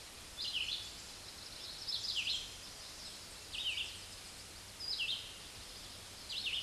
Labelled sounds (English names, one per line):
Red-eyed Vireo song